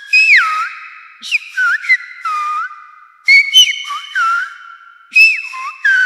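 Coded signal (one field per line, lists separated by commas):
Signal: whistled language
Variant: Silbo Gomero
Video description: «Películas y muñecas» es un relato escrito por Daniel Martín Castellano. Fue silbado por Keila Idaira Morales Vera.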